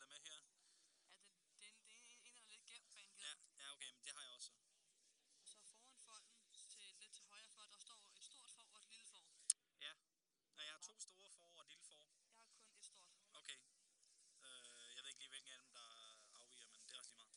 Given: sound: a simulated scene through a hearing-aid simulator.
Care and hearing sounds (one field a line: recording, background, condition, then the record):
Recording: conversation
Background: quiet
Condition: 55 dB SPL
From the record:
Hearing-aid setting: III (slow-acting compression, loudness normalization, advanced features for about 2.5 dB of SNR improvement)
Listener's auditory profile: B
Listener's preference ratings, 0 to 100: 57, 29, 65